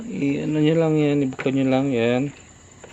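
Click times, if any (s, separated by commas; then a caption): none. Someone talks while handling the retaining lock of an LED headlight bulb in a headlamp housing. The lock has been opened, but the bulb has not yet been fitted, and nothing has seated or clicked yet. A faint high steady tone runs underneath throughout.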